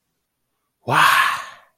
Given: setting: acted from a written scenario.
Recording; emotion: vocal sound without words; awe